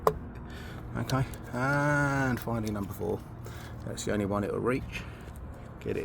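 An ignition (HT) lead boot is pushed down over the tip of a spark plug in a Fiesta 1.25 engine, giving one sharp click at 0.1 s as it seats. Someone then talks over low background noise.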